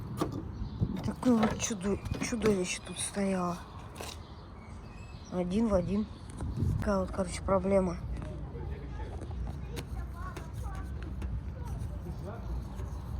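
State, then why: Not seated. Someone talks while trying to twist and push a light bulb's base into its lamp holder socket, with a few faint, brief knocks later in the clip. The bulb does not lock in place, because the collar on its base is slightly too thin, so nothing has seated or clicked yet.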